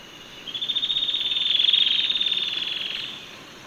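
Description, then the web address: Yellow-breasted antwren singing a fast, high, chattering trill that builds in loudness and then fades away over nearly three seconds, with nothing else clearly heard. Recorded in Ecuador. "S America Birds of Ecuador. Yellow-breasted Antwren"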